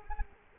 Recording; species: mosquito wingbeat signal from an infrared sensor; Culex quinquefasciatus